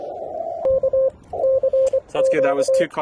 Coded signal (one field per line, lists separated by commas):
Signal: Morse code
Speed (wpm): 24 wpm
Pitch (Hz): 530 Hz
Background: speech, radio noise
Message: K CQ